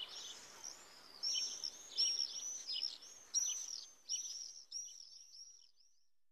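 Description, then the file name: Common swift screams: bursts of shrill, high trilling screams over about five seconds, then fading out. "Tornseglare"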